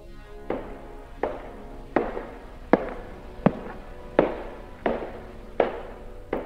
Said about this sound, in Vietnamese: Tiếng bước chân ở bên ngoài lại tiếp tục vang lên, ngày một lớn dần.